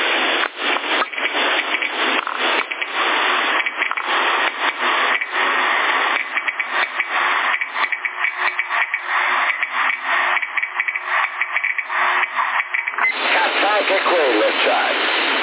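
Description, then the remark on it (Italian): A Geiger counter detecting radiation, played from a YouTube video, crackles with rapid, irregular clicks that pour out densely and steadily for the whole stretch, sounding thin and tinny as if played through a small speaker. “Questo è il suono di un contatore Geiger quando segna radiazioni.”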